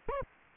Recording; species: mosquito wingbeat signal from an infrared sensor; Aedes aegypti